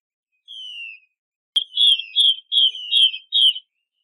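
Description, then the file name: Chinese hwamei song opening with one smooth falling whistle, then a rapid run of loud, warbled whistled notes. Mai xuy song style. "Tieng chim hoa mi mai xuy"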